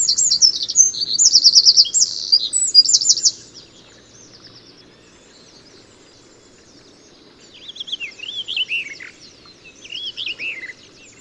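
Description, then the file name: Eurasian wren song opens with a loud, fast high-pitched trilling phrase, falls silent, then returns with softer scattered trilled notes. "Troglodytes troglodytes"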